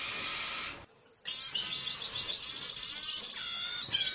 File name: canto do diamante sparrow